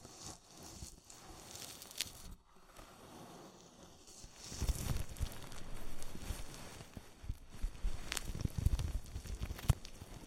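Ear massage with oil and foam: soft, close crinkling and squishing rubs that come in uneven bursts. The first half is quieter with a brief pause near two seconds, then firmer, thicker strokes with low thumps swell from about five seconds onward.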